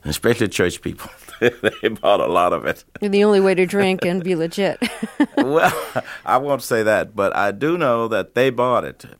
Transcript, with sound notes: And especially church people, (laughter) they bought a lot of it.
And the only way to drink and be legit (laughter)
Well, (laughter) I won't say that, but I do know that they bought it.